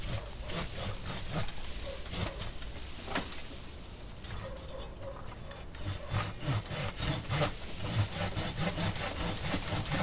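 Small apple trees are cut down, with a low, steady motor-like drone running throughout. Frequent sharp crackles and snaps of wood land irregularly across the clip, thinning briefly around four to five seconds before growing busier and louder toward the end.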